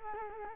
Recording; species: mosquito wingbeat signal from an infrared sensor; Culex quinquefasciatus